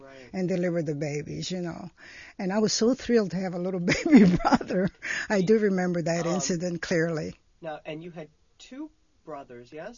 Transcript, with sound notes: .and delivered the babies, you know. And I was so thrilled to have a little baby brother. (she laughs) I do remember that incident clearly.
Now, and you had two brothers, yes?